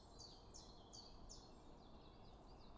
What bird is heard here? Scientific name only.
Phylloscopus collybita